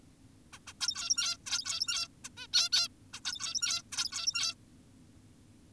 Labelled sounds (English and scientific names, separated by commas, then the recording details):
Zebra Finch (Taeniopygia guttata)
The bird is an adult
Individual g17y2U